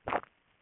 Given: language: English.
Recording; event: throat vibration sensor signal played as sound; swallow